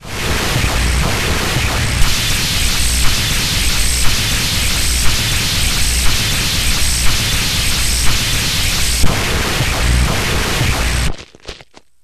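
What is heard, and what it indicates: Simulated tinnitus with distortion: a steady high-pitched tone near 8 kHz sits over loud, distorted broadband noise with heavy low-frequency rumble and faint pulses about once per second, cutting off abruptly after about 11 seconds.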